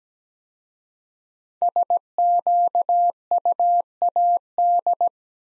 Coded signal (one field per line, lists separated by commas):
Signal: Morse code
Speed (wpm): 17 wpm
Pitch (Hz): 700 Hz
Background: none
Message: SQUAD